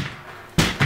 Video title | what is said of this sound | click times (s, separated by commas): HowToFold- Bugaboo Cameleon3 -- Nessa Knows Best | it snaps right into place and you can put the seat in | 0.8 s